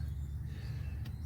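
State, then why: Seated. A rubber spark plug wire boot is pushed down onto the spark plug terminal in the engine of a 1993 Chevy Lumina, over a steady low hum. It snaps on with a short, quiet click at 1.1 s, and the boot is seated.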